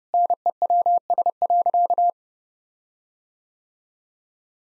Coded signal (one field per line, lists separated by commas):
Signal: Morse code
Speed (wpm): 30 wpm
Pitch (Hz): 700 Hz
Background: none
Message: NEWS.